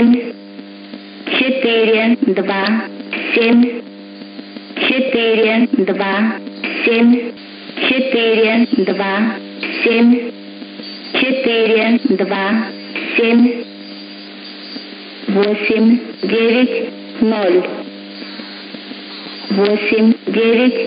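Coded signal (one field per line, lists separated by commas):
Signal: numbers station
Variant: S06s, Russian female voice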